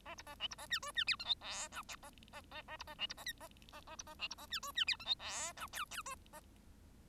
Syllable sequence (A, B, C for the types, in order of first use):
A B A C B A D E D F G H I J A A A A B A C B A K A A A B A C B A D E D F G H I J L L E A